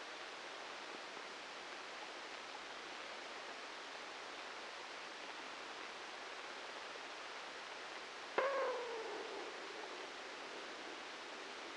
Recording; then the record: brain microelectrode recording played as sound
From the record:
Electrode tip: outside the subthalamic nucleus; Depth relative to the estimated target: -2 mm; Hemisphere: left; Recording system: NeuroSet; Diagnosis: Parkinson's disease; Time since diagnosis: 13 years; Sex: male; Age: 63 years